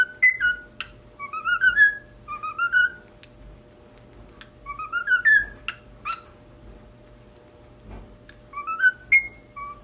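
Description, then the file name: Cockatiel song: short upward-slurred whistles in small clusters, separated by pauses and a few sharp clicks, ending with a brighter whistle and a lower note. "Cockatiel Singing"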